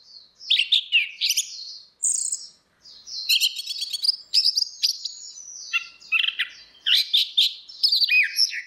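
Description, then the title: Orange-headed thrush song: a near-continuous stream of quick, high, varied notes with slurred whistles, chirps and short trills, briefly interrupted once. "Burung Anis Merah"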